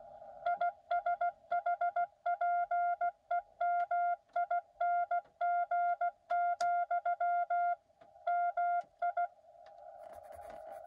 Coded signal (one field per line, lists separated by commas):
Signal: Morse code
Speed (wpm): 16 wpm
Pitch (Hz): 690 Hz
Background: none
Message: ISHPEMING, MI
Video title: Rainy drive-by POTA Morse code (cootie) activation of K-1024 (Silver Springs) on 10/25/2022.